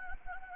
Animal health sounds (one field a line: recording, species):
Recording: mosquito wingbeat signal from an infrared sensor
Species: Anopheles gambiae